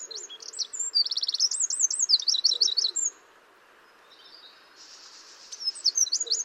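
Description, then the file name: Eurasian wren song: a burst of shrill trills and looping whistles ends abruptly, quiet follows, then a soft buzz and a new high phrase begin. "Troglodytes troglodytes"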